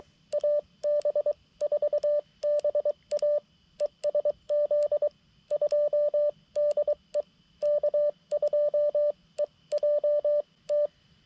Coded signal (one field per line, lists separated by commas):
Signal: Morse code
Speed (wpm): 23 wpm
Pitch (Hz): 590 Hz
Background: radio noise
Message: AB4BA ESZ 2DE K2EJT